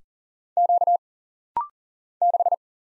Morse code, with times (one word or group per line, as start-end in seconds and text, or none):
0.6-1.0 Q
2.2-2.5 6